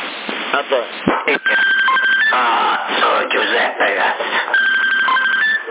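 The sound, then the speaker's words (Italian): During a CB radio conversation in Sassari in May 2020, steady electronic telephone tones sound in two stretches through a thin, narrow phone-line sound, with murmuring voices and clatter filling the gaps between them. “Ehi, buonasera, aspetta. Il telefono.”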